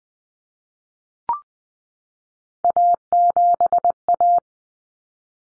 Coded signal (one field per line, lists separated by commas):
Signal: Morse code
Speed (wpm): 20 wpm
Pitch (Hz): 700 Hz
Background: none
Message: A7A